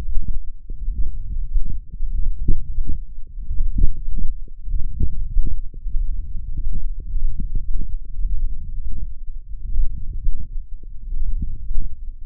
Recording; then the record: forearm muscle sounds (acoustic myography)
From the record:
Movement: hand closing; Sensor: system 1, eight BSWA MPA416 microphones around the upper forearm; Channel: 8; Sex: male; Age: 21 years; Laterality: right